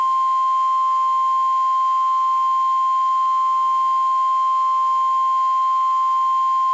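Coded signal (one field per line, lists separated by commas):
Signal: Emergency Alert System (SAME) tones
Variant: 1050 Hz attention tone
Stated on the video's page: Required weekly test tones screen-recorded from the NOAA weather radio app on an iPhone.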